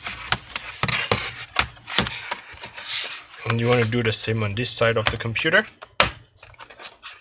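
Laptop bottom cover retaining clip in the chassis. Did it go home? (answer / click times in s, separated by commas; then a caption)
released / 6.0 s. Someone talks while prying up the second side of the aluminium bottom cover on a MacBook Pro A1989, being repaired for a cracked screen. The cover's plastic/metal retaining clip in the chassis releases with one sharp click at 6.0 s. Softer taps follow as the clip pops open.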